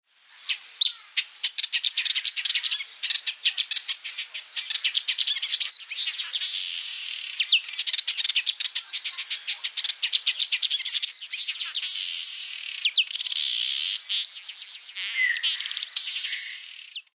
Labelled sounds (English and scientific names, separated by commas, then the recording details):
Village Weaver (Ploceus cucullatus)
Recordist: Tembrock, Günter
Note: Gesang